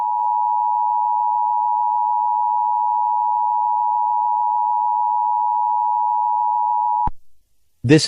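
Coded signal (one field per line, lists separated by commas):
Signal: Emergency Alert System (SAME) tones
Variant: 853 and 960 Hz attention tone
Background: speech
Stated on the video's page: Fictional Emergency Alert System scenario set in Wyoming, part of a simulated series.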